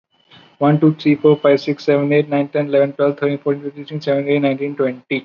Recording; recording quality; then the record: counting at a normal pace; excellent, no background noise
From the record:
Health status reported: recovered from COVID-19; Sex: male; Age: 25 years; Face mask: not worn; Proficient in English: yes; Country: India